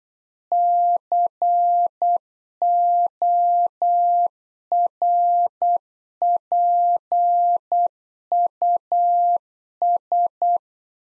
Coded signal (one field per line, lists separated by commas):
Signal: Morse code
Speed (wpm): 8 wpm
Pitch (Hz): 700 Hz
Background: none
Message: CORPUS